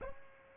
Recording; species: mosquito wingbeat signal from an infrared sensor; Aedes albopictus